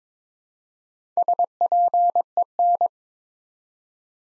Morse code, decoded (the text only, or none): SPEN